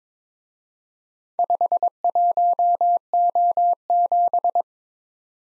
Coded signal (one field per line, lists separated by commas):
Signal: Morse code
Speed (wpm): 24 wpm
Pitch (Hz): 700 Hz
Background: none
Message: 51O7